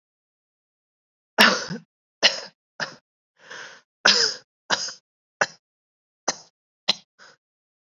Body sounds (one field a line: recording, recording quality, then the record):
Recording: heavy voluntary cough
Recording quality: excellent, no background noise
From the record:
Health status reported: healthy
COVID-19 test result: not tested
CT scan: not taken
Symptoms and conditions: none ticked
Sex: male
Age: 24 years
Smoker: no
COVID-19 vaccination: both doses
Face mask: worn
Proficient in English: yes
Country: India